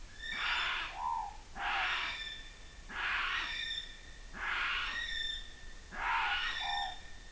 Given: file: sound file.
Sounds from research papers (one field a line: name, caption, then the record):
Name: kiwi Male-female-morepork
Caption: Overlapped birdsong examples.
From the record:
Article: Birdsong Denoising Using Wavelets